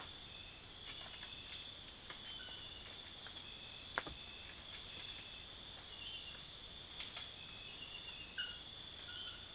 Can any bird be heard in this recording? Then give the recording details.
no. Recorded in secondary vegetation near Puerto Asís, Putumayo, Colombia, on 23 June 2025 at 02:00. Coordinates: 0.500, -76.326. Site GP08